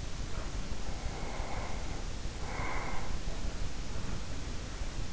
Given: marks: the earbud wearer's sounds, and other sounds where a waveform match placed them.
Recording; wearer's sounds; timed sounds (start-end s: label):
sounds in sleep by an in-ear microphone; breath
0.90-3.37 s: breath